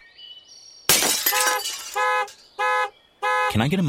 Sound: horn honking; glass shatters

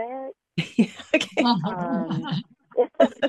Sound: laughs

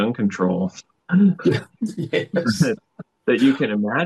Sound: laughs

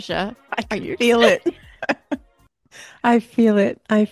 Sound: laughs

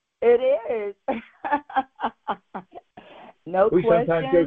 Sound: laughs

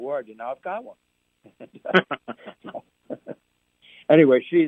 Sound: laughs

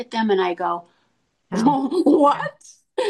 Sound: laughs

